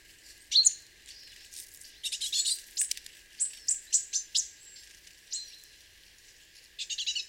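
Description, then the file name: Great tit giving sharp high notes and buzzy bursts, then a series of clipped descending notes and a final buzzy burst. "Parus major"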